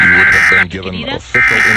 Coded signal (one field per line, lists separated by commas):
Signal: Emergency Alert System (SAME) tones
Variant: end-of-message bursts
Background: speech